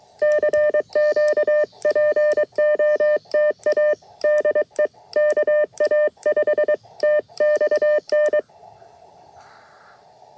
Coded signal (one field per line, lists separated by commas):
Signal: Morse code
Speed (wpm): 23 wpm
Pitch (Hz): 600 Hz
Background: none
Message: CQ POTA DE KA5TXN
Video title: 🏞️ QRP CW POTA Activation at Hagerman NWR | Elecraft K2 + Packtenna EFHW QRP